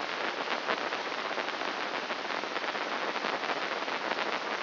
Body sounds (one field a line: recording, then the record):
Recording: brain microelectrode recording played as sound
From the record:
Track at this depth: inside the subthalamic nucleus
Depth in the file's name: 5.029 mm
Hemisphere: left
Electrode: 3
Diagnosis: Parkinson's disease